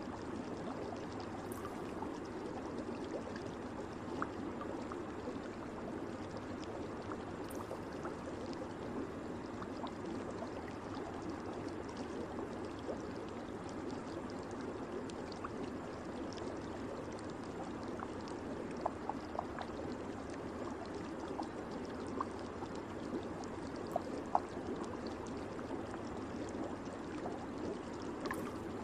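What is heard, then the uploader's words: A steady, dense wash of flowing water fills an outdoor hot spring bath, pouring continuously with a full, low-to-mid rumble. The sound stays even throughout, with small splashes and drips popping out occasionally, a few clustered around the 19 to 24 second mark. Hot Spring Ambience. An outdoor open-air hot spring bath on a cold day.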